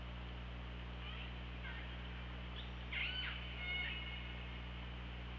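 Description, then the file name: Orca calls, a series of pulsed squeals and a whistled tone over steady hiss and hum. OrcaLab hydrophone, 24 August 2017, about 18:54. "Orca Lab UTLN JASON 20170824 185424 ORCALABDYNI"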